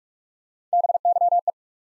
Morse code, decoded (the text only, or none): BYE